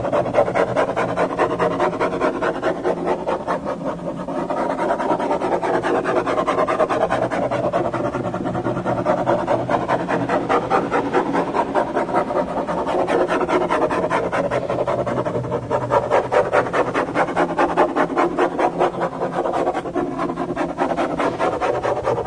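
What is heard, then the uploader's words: A pen scratches steadily across paper in quick dense strokes that run together into a continuous rasp. The sound swells and eases slightly in waves, with a brief softer stretch near four seconds. Pen on paper. Une pratique conçue comme répétitive et horizontale (de gauche à droite, de gauche à droite et ainsi de suite). L'ambiance colorée d'un bureau sous influence du Bic, le fabricant français de stylo bille.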